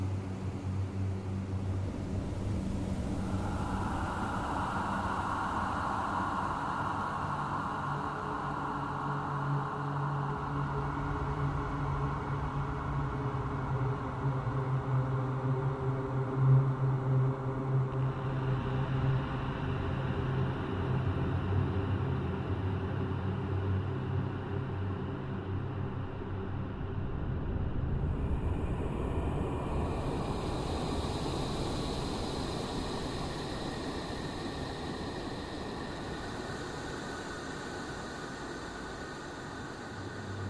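Steady low humming drones throughout the cave, with shifting tones swelling and fading in layers and a brighter hiss rising near thirty seconds.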